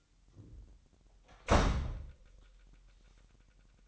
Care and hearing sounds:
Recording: daily activity, microphone in the room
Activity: close door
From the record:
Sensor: 3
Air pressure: 998.4 hPa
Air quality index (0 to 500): 142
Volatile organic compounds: 4 ppm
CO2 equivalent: 1702 ppm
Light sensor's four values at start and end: 16/45/18/17 and 16/45/18/17

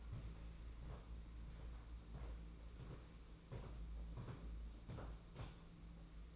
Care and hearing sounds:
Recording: daily activity, microphone in the room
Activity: walk to room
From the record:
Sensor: 1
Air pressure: 992.1 hPa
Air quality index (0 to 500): 216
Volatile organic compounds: 1000 ppm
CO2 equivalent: 8404 ppm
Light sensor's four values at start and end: 22/78/30/30 and 22/74/29/29

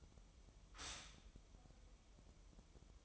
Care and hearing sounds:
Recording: daily activity, microphone in the room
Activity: stop toaster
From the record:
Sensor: 1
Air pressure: 988.6 hPa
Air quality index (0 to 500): 197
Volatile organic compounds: 944 ppm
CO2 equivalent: 5240 ppm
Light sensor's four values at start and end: 25/94/35/37 and 25/94/35/37

